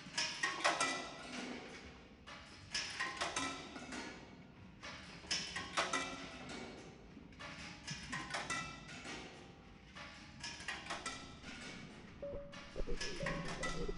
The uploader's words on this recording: The studio recordings are of ad-hoc sonic-kinetic assemblages of tins, bottles, and boxes with seeds, balls and objects inside, all tied together with rubberbands and fixed to modified turntables.